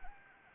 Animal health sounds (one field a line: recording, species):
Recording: mosquito wingbeat signal from an infrared sensor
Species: Anopheles arabiensis